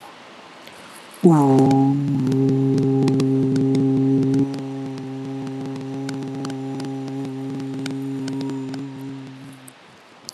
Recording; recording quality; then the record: sustained vowel as in boot; poor, much background noise or distortion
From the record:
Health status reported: exposed to COVID-19, no respiratory illness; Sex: male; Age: 25 years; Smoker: yes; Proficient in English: yes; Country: India